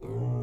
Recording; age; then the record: pig call; weaner (32 to 43 days)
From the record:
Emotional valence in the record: negative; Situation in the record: novel object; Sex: female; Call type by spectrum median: low-frequency call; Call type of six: low-frequency stable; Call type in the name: low-frequency stable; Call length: 0.43 s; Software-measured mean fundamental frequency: 58 Hz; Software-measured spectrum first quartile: 119 Hz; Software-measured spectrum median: 169 Hz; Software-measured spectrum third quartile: 377 Hz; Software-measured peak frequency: 120 Hz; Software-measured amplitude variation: 84 dB a second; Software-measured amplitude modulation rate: 26.9 a second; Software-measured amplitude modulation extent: 3.1 dB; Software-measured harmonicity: -2.7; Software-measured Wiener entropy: -0.52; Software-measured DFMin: 1591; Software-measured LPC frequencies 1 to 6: 2113, 2858, 5050, 6110, 7021, 8820 Hz